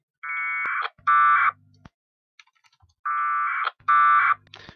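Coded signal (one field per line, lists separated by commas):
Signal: packet radio (AX.25, as in APRS)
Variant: 1200 baud AFSK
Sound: four short raspy warbling data bursts in two back-and-forth pairs, one with low hum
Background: radio hum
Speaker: let's try some gibberish here here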